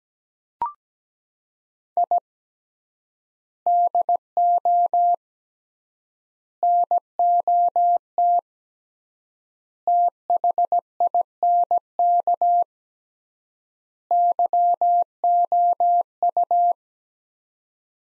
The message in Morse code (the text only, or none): I DO NOT THINK YOU